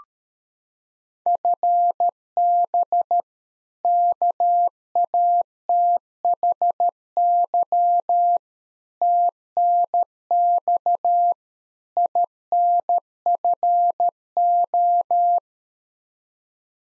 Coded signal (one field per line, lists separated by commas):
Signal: Morse code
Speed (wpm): 13 wpm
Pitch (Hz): 700 Hz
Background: none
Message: FB KATHY TNX INFO